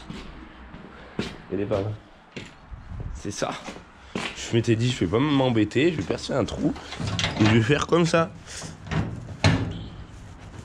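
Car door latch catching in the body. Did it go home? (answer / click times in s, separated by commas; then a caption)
yes / 9.4 s. Someone talks, then a door on a 4L FZR body is closed onto a makeshift latch, a hole drilled in the sheet metal for the catch. A loud, sharp metal clunk is heard at 9.4 s as the latch catches in the body and the door locks shut.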